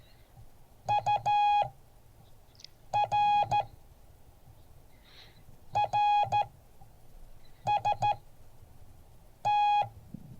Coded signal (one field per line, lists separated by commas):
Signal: Morse code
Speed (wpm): 14 wpm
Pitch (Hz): 830 Hz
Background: none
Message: UR RST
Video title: Morse code class 2023-02-01